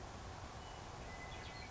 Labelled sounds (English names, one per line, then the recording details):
Western Meadowlark
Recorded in Sonoma County, California